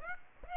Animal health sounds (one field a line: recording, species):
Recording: mosquito wingbeat signal from an infrared sensor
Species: Aedes aegypti